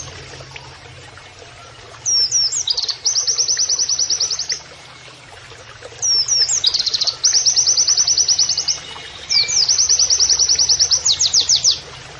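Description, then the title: Oriental white-eye song: three very fast high trills with gaps between, the first two opened by looping whistles, and swooping notes at the end. Pleci masteran training audio, song style shooting canary-like phrases. "Pleci Gacor. MASTERAN PLECI NEMBAK KENARIAN"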